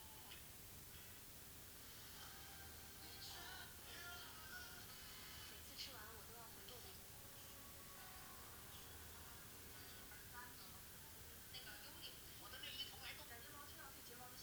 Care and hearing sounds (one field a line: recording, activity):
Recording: daily activity, guitar pickup as the sensor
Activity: browse video